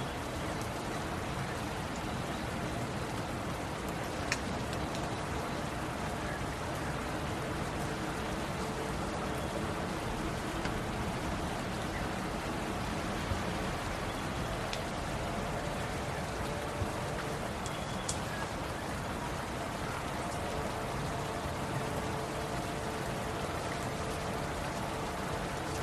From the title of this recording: Serene Rain